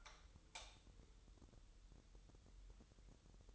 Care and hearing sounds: daily activity, microphone in the room; light on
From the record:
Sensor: 3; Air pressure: 988.4 hPa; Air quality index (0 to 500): 190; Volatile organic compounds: 261 ppm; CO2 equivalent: 4389 ppm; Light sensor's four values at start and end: 8/19/8/8 and 11/28/11/11

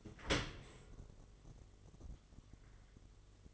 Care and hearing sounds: daily activity, microphone in the room; open dishwasher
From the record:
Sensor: 4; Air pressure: 1015.8 hPa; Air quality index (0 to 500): 114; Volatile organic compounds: 2 ppm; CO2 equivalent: 1282 ppm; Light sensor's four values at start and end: 9/19/7/7 and 8/18/7/7

